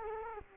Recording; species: mosquito wingbeat signal from an infrared sensor; Culex quinquefasciatus